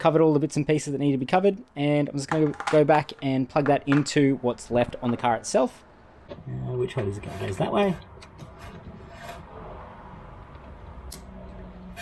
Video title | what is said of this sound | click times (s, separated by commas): How I Deleted Magride In My Audi S3 8V for ONLY $12! - Save Hundreds On Suspension Mods | There we go, that's a nice click. | 11.1 s